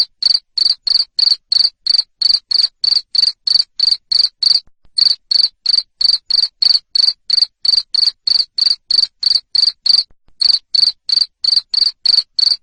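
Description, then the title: Cricket chirping, loud high-pitched pulses about three per second in a steady run, with two brief pauses. Loud cricket chirping played to make lovebirds sing continuously. "Suara JANGKRIK NGERIK Keras Bikin LOVEBIRD Jadi NGEKEK Terus Vubey"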